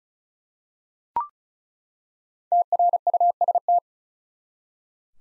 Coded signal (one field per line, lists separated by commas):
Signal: Morse code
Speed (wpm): 36 wpm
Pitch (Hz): 700 Hz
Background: none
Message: TRUST